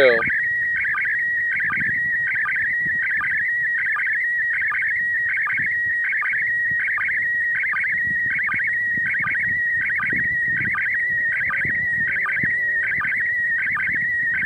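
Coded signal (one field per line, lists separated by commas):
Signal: SSTV (slow-scan television)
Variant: PD 180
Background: speech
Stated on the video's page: SSTV image from the International Space Station during an event marking the Apollo-Soyuz docking anniversary.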